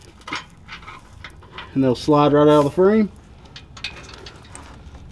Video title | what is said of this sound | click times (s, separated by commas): 2009 - 2014 F150 Baja Bumper Install ~ DV8 Bumper | Put it in right schmear. You can hear that snap. Just gotta make sure it's centered. There it goes. | 3.8 s